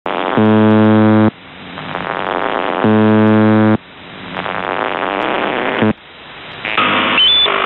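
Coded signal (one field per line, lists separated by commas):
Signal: channel marker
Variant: UVB-76 (The Buzzer)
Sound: two harsh low buzzes about one second each, separated by radio hiss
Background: radio static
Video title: The Buzzer/UVB-76(4625Khz) June 4th, 2023 12:37UTC Voice message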